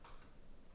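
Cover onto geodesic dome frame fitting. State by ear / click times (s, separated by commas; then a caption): not seated / none. A cover piece is handled against a fitting on a geodesic dome frame, with a soft, brief rustle of contact noise early on over a low, steady background. The cover has not yet clicked into place; nothing has seated.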